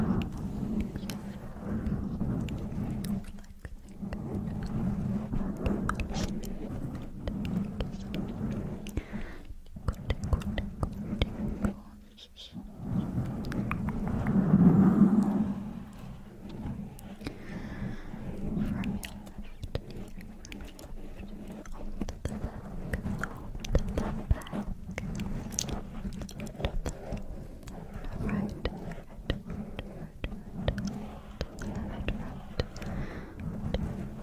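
Dense mic scratching runs throughout, a low rumbling rub layered with rapid, irregular clicks and crackles that sound like tongue clicking. Brief pauses break it near 4, 10 and 12 seconds, and around 15 seconds a soft murmured swell rises before the scratching resumes.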